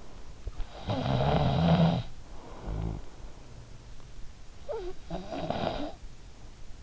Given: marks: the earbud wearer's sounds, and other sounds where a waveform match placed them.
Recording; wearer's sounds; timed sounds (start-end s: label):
sounds in sleep by an in-ear microphone; snoring breath
0.60-3.31 s: snoring breath
4.46-6.26 s: snoring breath